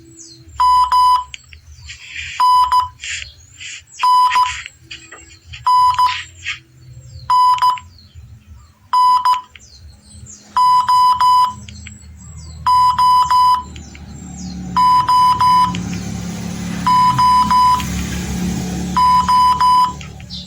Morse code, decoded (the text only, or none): M N N N N N O O O O O